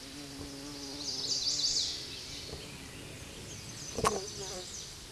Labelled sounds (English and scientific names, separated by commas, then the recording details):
Chestnut-sided Warbler (Setophaga pensylvanica) song
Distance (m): 20 m
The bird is about 10 m above the microphone
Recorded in a Pennsylvania forest on 16 May 2024 at 09:32
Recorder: AudioMoth, point MSD-2007
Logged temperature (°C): 16.1 °C
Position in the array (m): 19 m, 26 m